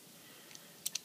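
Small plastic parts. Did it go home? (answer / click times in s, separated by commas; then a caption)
yes / 0.9 s, 1.0 s. Plastic parts of a transforming toy robot figure are slid into place as it changes into its mini-figure form. A faint tick at 0.6 s is followed by two sharp clicks at 0.9 s and 1.0 s as the parts lock into position, seated.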